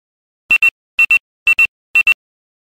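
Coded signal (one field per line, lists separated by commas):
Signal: pager alert tone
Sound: four quick double beeps, high-pitched electronic chirps, repeated every half second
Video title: Pager sound effect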